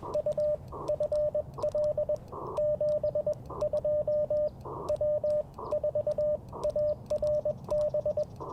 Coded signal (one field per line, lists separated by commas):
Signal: Morse code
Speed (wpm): 19 wpm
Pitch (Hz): 600 Hz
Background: radio noise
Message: U FL 72 W4ARB